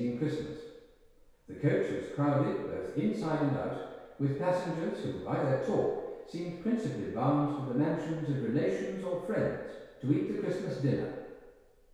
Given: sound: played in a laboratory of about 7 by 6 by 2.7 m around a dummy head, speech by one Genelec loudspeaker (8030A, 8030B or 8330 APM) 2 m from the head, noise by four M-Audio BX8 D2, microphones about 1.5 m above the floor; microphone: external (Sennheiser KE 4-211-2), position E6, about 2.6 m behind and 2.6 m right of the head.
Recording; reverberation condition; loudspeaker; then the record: male speech in English; high; 120 degrees to the right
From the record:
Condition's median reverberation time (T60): about 1300 ms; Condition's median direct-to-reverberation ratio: about -4.0 dB